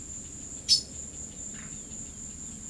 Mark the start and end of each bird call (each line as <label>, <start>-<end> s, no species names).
bird call, 0.65-0.89 s